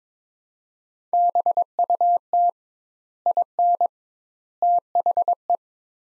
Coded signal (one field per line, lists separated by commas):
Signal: Morse code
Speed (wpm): 22 wpm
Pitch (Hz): 700 Hz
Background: none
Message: BUT IN THE